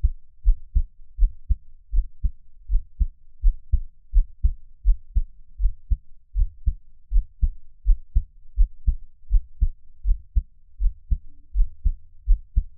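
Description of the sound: Steady lub-dub heartbeat of an adult, heard close up, at about 81 beats a minute with a regular rhythm and no talking.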